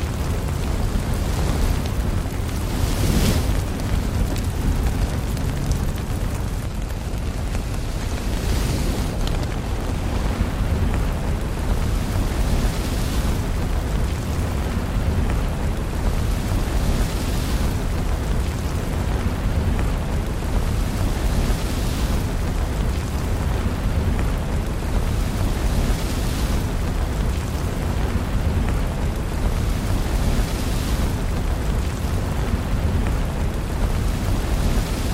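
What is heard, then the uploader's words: Flowing lava gives a deep, continuous rumble that holds steady for the whole stretch, dense, with most of its weight low. Fine crackling runs over the top throughout, and brighter hissing bursts swell up every few seconds, near 3, 9, 13 and 22 seconds. Flowing Lava. The deep rumbling of the earth and the crackling of molten rock.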